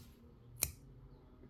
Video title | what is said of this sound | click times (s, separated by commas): Lots of mods for my Ford Bronco TRX4 on a budget | and then it clicks into place | 0.6 s